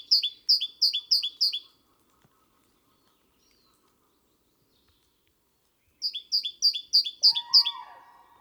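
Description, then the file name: Great tit song: bright two-note phrases, high then lower, repeated rapidly in two bursts; a lower sound joins near the end. "Parus major"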